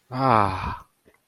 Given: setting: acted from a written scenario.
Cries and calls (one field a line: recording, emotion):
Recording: vocal sound without words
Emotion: pride